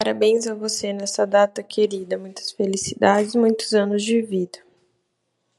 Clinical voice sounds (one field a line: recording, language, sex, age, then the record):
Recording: short text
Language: Brazilian Portuguese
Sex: female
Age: 20 to 29 years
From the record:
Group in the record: control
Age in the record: 28 years